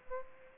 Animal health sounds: mosquito wingbeat signal from an infrared sensor; Aedes aegypti

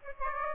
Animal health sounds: mosquito wingbeat signal from an infrared sensor; Aedes aegypti

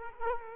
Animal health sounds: mosquito wingbeat signal from an infrared sensor; Culex quinquefasciatus

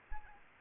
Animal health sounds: mosquito wingbeat signal from an infrared sensor; Aedes aegypti

